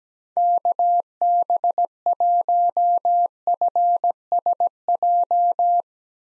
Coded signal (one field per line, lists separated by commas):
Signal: Morse code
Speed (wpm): 17 wpm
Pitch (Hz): 700 Hz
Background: none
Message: KB1FSJ